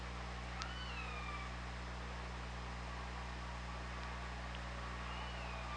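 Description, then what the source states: Killer whale calls: two faint tonal calls, one early and one near the end, over loud constant underwater hum and hiss. Recorded by OrcaLab hydrophone, underwater, on 24 August 2017 at 08:26:55.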